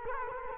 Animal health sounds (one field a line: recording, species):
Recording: mosquito wingbeat signal from an infrared sensor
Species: Culex quinquefasciatus